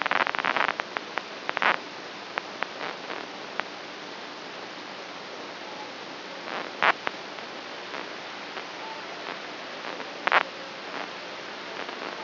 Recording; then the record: brain microelectrode recording played as sound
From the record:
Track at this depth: inside the subthalamic nucleus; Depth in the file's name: 2.523 mm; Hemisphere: right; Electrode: 3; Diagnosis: Parkinson's disease